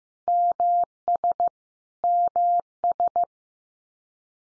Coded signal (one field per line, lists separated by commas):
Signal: Morse code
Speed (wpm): 15 wpm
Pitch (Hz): 700 Hz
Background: none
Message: MS MS